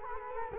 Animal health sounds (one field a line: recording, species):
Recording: mosquito wingbeat signal from an infrared sensor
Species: Culex quinquefasciatus